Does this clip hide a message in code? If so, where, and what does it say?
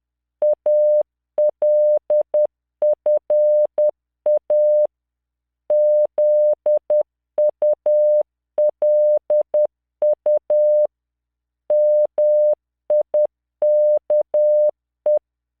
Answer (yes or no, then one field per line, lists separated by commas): yes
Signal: Morse code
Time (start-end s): 0.4-15.2 s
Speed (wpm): 10 wpm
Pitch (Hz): 600 Hz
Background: none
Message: ALFA ZULU MIKE